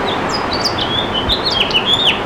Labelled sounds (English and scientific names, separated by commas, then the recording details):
House Finch (Haemorhous mexicanus) song
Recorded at Merrick on Long Island, New York, on 17 May 2013
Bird D